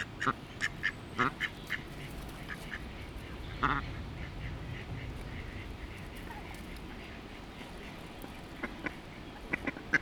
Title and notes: Feeding ducks. Feeding the ducks, with one duck getting her way